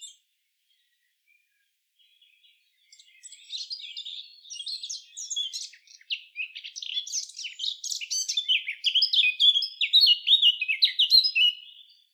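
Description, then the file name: Eurasian blackcap song: after a near-silent start, a quiet scratchy chattering warble builds and ends in louder, clearer fluty whistled phrases. "Sylvia atricapilla"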